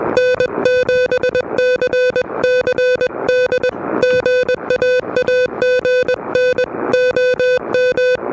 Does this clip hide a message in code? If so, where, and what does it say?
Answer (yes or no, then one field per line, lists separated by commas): yes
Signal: Morse code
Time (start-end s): 0.2-8.2 s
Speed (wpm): 22 wpm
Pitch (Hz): 500 Hz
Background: music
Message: N7CCD GA AGN OM